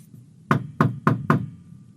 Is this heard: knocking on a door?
yes